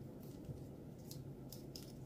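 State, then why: Not seated. A plastic panel of a Transformers Power of the Primes Dreadwind action figure is handled and pressed toward its slot in the body as the figure is closed back up. Soft handling noise is broken by short, faint plastic ticks at about 1.1, 1.5 and 1.8 seconds. Nothing has seated or clicked into place yet.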